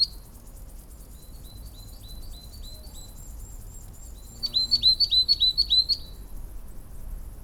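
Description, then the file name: Coal tit: soft, faint high notes at first, then a louder burst of several quick, piercing two-part notes repeated evenly. "tit-coal Periparus-ater"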